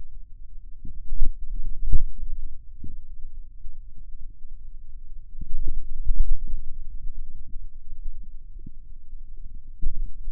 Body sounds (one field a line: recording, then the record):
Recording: forearm muscle sounds (acoustic myography)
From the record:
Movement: wrist extension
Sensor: system 2, bracelet of six BSWA MPA416 microphones around the upper forearm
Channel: 5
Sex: male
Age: 22 years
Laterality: right